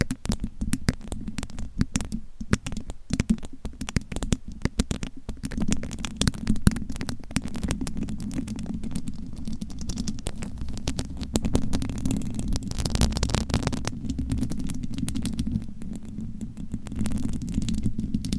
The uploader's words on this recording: ASMR Mic Scratching & Tapping with Different Nail Shapes No Talking.